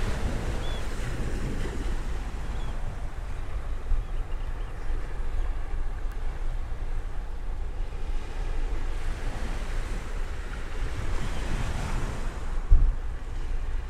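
Waves wash steadily onto a beach, a dense, continuous roar weighted toward the low end with a hissing spray on top. Gentle swells rise around two and ten seconds. A low wind rumble buffets the microphone, with a brief knock near thirteen seconds.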